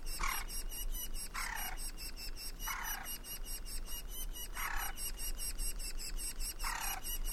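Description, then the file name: Woodpecker calls, short harsh descending bursts repeated every one to two seconds, over a steady high ticking background. "jh-050723-wkpkr"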